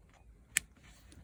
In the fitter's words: Here we go. You can hear it clicking back in.